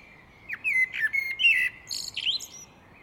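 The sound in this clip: Great tit calling with a quick run of sharp, high chirps and slurred twitters lasting about two seconds.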